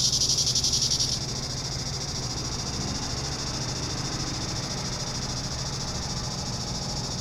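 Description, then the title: Cicadas buzz loudly for the first second, then the shrill drone drops to a softer, steady hiss that carries on to the end over a low hum. Cicadas heard in summer. "neoscenes: summer cicadas"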